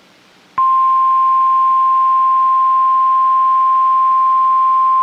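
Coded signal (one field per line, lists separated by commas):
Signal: Emergency Alert System (SAME) tones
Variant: 1050 Hz attention tone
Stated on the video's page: Failed Required Weekly Test producing only beeps.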